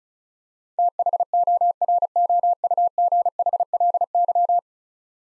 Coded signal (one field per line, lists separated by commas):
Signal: Morse code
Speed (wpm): 34 wpm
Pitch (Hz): 700 Hz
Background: none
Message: THOROUGHLY